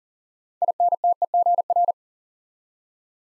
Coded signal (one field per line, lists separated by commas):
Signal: Morse code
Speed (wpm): 40 wpm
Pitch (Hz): 700 Hz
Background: none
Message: INTEGR